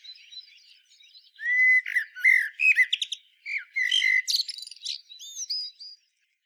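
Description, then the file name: Common blackbird song: low fluted warbling phrases mixed with high, squeaky twittering notes. "Turdus merula"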